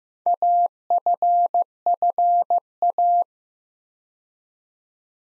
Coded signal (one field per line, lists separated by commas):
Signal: Morse code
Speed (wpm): 15 wpm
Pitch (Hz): 700 Hz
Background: none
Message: AFFA